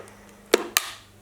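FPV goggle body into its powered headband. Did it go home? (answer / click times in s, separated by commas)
yes / 0.5 s, 0.8 s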